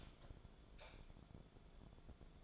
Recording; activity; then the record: daily activity, microphone in the room; light off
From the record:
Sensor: 5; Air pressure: 1010.3 hPa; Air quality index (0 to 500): 115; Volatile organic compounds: 2 ppm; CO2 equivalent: 1132 ppm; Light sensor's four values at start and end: 515/1321/545/617 and 514/1317/544/615